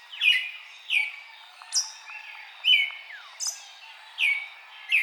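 Eastern red-legged thrush giving loud, slurred, squeaky calls with high sharp chips, repeated several times.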